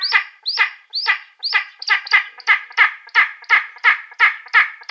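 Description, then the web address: Spanish imperial eagle repeating rough, barking yelps, first spaced and upslurred, then quickening into an even series of about three notes per second. "Schulze Peter Spanish Imperial Eagle"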